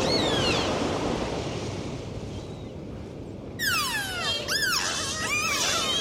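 Dolphin: faint whistles in steady hissing noise at first, then sudden bursts of louder whistles, sweeping down and rising again in quick succession.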